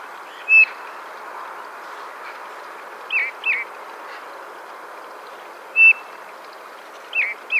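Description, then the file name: Eurasian bullfinch gives two short, soft piping whistles several seconds apart, alternating with quick paired chirps. "Pyrrhula pyrrhula"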